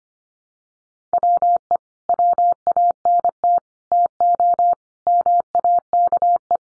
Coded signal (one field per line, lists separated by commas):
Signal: Morse code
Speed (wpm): 25 wpm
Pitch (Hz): 700 Hz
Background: none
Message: WE WANT TO MAKE